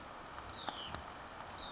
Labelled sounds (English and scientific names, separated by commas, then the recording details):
Hutton's Vireo (Vireo huttoni)
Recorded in Sonoma County, California